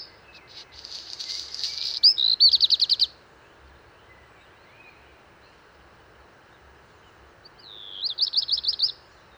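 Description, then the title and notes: Black redstart song: a scratchy crackling burst followed by a quick series of rapid buzzy notes, then after a pause of several seconds another fast note series. Singing from top of a large lime tree, early morning, 19 March 2019, Val Maravel, Drôme, France; first of season; crumpled song; Wildtronic parabola, two MKH8020, MixPre-3. "Val Maravel - Drôme. chant du Rouge-queue noir"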